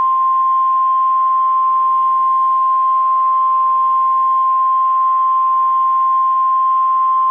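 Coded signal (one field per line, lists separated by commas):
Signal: Emergency Alert System (SAME) tones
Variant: 1050 Hz attention tone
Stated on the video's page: Simulated EAS scenario.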